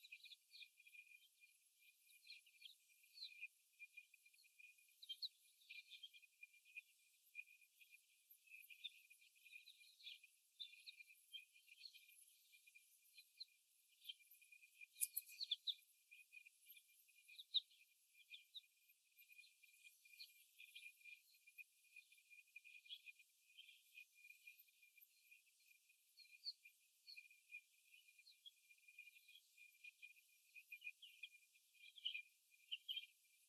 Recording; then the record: young laying hens in a cage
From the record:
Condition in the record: after the stressor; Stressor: simulated dog barking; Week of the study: 1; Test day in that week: 1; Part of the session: 2